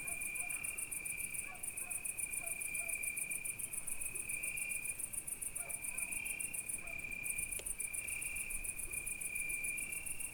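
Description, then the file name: Crickets chirping: a steady high trill with a fast pulsing shimmer above, continuous throughout. Night crickets, recorded at Izgrev. "Noshti shturci i koteto Petrova (s Izgrev)"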